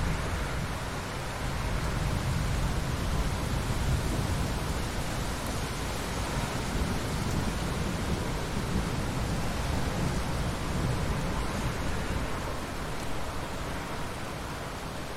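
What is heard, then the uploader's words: Steady, dense rain hisses evenly for the whole stretch over a heavy low rumble, with no distinct thunderclaps standing out. Experience the Ultimate Relaxation with These Breathtaking Rain and Thunder Sounds.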